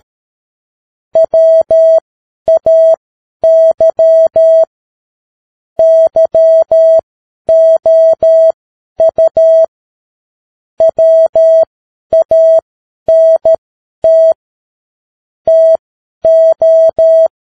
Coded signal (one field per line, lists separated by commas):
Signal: Morse code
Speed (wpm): 13 wpm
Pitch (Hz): 650 Hz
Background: none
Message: WAY YOU WANT TO